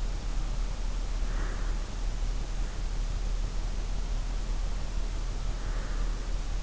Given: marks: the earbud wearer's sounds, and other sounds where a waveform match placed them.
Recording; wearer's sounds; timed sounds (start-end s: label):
sounds in sleep by an in-ear microphone; breath
0.90-2.01 s: breath
5.45-6.62 s: breath